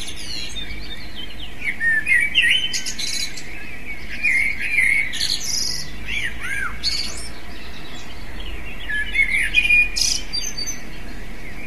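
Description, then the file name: Eurasian blackbird singing short warbled phrases, each ending in high squeaky twitters, with pauses of a few seconds between phrases over a steady hiss of background noise. "merle"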